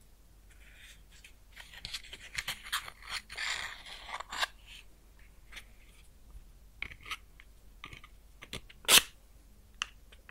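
A match burns close up with dry crackles and sharp little ticks, densest in the first four seconds, where a soft sizzling hiss swells and fades. The middle is quieter, then scattered clicks return before a single loud, bright crack near nine seconds.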